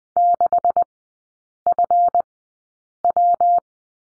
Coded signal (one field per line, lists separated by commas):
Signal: Morse code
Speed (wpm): 20 wpm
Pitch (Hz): 700 Hz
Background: none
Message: 6FW